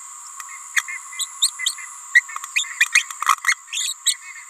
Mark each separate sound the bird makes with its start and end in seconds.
0.74-0.83, 1.19-1.27, 1.41-1.50, 1.66-1.74, 2.14-2.22, 2.55-2.66, 2.92-3.04, 3.46-3.56, 3.72-3.94, 4.06-4.15